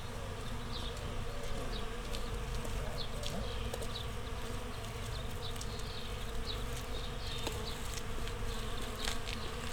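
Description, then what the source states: Constant bee hum underneath frequent short high calls and clicks, the buzzing staying even from start to finish. Bees in a flowering rapeseed field, Słoneczna 9, Siemianowice Śląskie, Poland; Saturday 18 May 2019; Zoom H5 with Audio-Technica BP4025.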